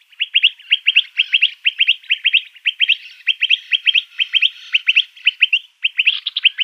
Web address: Schulze Peter Eastern Rock Nuthatch calls